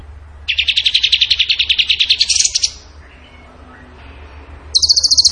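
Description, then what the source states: Bird song: a fast pulsed trill that climbs higher near its end, a quiet stretch, then a higher buzzy trill begins. Masteran training recording; tembakan gacor song style.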